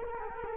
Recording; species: mosquito wingbeat signal from an infrared sensor; Culex quinquefasciatus